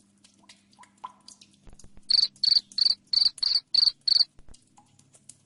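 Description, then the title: Cricket chirping begins after a quiet start of light ticks and hum, then a steady run of loud chirps about three per second. Loud chirping played to make lovebirds keep singing. "Suara JANGKRIK NGERIK Keras Bikin LOVEBIRD Jadi NGEKEK Terus Vubey"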